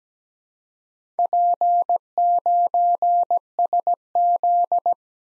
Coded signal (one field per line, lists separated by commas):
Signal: Morse code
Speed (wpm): 17 wpm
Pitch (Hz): 700 Hz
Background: none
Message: P9SZ